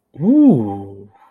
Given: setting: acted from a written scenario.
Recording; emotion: vocal sound without words; interest